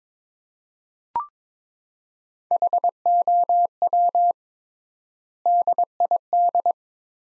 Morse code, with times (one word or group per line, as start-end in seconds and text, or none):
2.5-4.3 HOW
5.5-6.7 DID